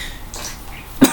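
A single short, sharp cough from an adult, after quiet room noise with faint splashing water behind from someone playing in water nearby, not a bathtub.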